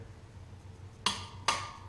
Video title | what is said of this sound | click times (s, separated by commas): The Big Winter Mods Are Here! Unboxing and Installation | we go and there's the click so we'll go ahead and get all eight of these torqued up and add the 60 degrees alright | 1.1 s, 1.5 s